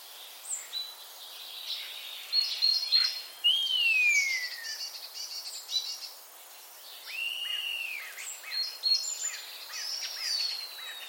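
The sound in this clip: Common starling calls, chattering clicks broken by long drawn-out descending whistles and a rising-falling slurred note, varied and irregular.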